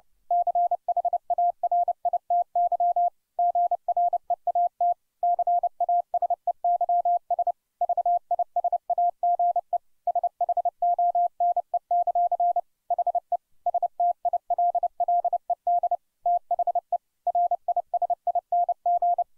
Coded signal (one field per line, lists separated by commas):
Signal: Morse code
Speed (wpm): 29 wpm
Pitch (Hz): 700 Hz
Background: none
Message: CHARITY GREAT CASEYS VISAGE SHONE; HE STILLED THE RISING